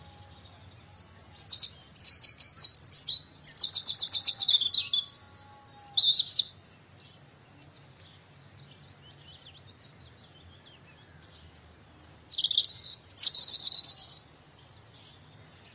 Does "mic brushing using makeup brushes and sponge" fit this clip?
no